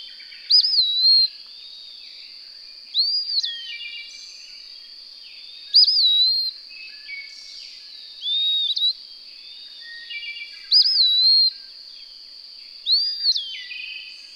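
Bird repeating short looping whistled phrases about every two to three seconds, six times, with softer chirpy notes between and a continuous high drone behind.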